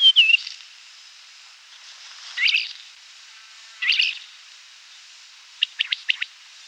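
Isabelline wheatear song: a falling whistle, then varied scratchy bursts and a quick series of sharp clicking notes near the end.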